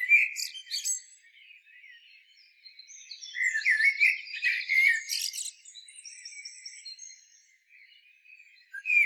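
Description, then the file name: Common blackbird singing a warbled phrase mixed with high squeaky twitters and buzzy trills, quieter scattered notes between, and a final loud note. "Turdus merula"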